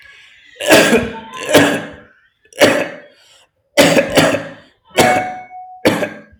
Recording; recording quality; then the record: heavy voluntary cough; excellent, no background noise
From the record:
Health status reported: healthy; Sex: male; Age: 39 years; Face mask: not worn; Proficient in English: yes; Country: India